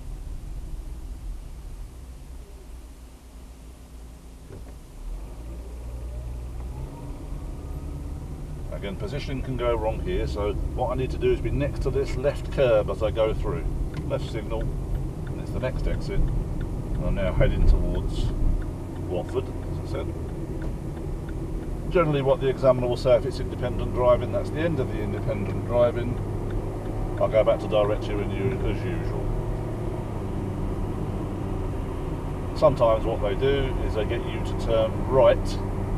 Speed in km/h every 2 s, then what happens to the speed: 0, 2, 13, 19, 26, 29, 32, 37, 42, 44, 47, 53, 60, 64, 71, 74, 77, 79.
0-2 standing. 2-36 pulls away to 79.